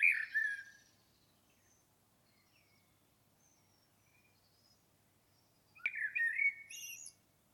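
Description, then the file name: Common blackbird giving a fluty phrase with thin high twitter, a quiet stretch with faint high notes, then a sharp click and another warbled phrase with squeaky ending. "Turdus merula"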